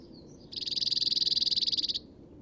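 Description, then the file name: Cirl Bunting singing one flat, metallic trill of quick repeated notes, steady in pitch, for about one and a half seconds. "hacksparv"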